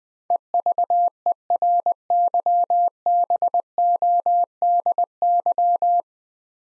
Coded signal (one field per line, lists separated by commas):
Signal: Morse code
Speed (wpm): 20 wpm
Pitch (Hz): 700 Hz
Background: none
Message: EVERYBODY